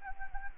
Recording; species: mosquito wingbeat signal from an infrared sensor; Anopheles gambiae